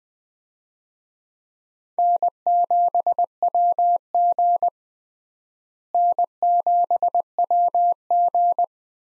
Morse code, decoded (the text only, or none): N7WG N7WG